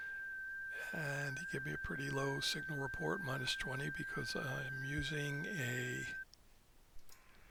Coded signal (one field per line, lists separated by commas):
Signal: FT8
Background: speech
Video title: FT8 with G90 and XPA125B HRD/JT-Alert/WSJT-X